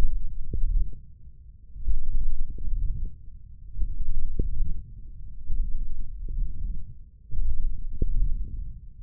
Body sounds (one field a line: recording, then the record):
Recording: forearm muscle sounds (acoustic myography)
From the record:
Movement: wrist extension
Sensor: system 1, eight BSWA MPA416 microphones around the upper forearm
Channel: 5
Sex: male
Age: 20 years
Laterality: left